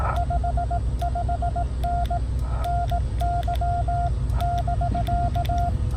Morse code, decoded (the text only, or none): 55N NY <BK>